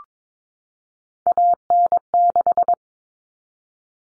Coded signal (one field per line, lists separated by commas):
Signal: Morse code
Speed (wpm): 22 wpm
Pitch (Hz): 700 Hz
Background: none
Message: AN6